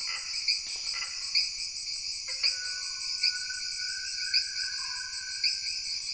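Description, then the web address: Jungle insects in a dense, high-pitched chorus of steady layered buzzing, with sharp pulses about once a second and a lower drawn-out whine sliding in partway through. Jungle background ambience of an insect chorus mixed with frogs. "Sony Creative Software Sony Pictures Sound Effects Series Volumes 1-10 Volume 2 Backgrounds Jungle Insects With Frogs"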